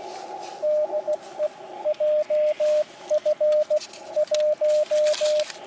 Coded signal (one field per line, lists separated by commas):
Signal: Morse code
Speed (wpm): 16 wpm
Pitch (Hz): 610 Hz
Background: radio noise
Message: DE JF1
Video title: CQ出したら5連続応答！ QSBに負けるな！ 5交信ノーカット 河川敷 プチ移動運用 初心者 CW 43日目 (その2) 16WPM 2022/02/15 アマチュア無線 VLOG 53